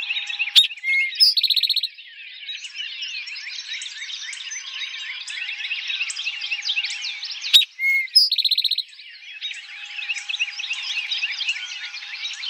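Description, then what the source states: Eastern towhee sings twice, roughly seven seconds apart: an abrupt high note, a brief whistle, then a quick buzzy trill, with many small birds twittering throughout. Recorded in 2007.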